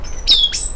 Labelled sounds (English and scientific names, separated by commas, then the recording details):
Stitchbird (Notiomystis cincta) song
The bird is a male
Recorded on Tiritiri Matangi Island, New Zealand, in 2005
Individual 12, of nest box 16